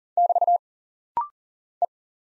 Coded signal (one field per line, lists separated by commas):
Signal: Morse code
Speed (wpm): 40 wpm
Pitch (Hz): 700 Hz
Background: none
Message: <BT> E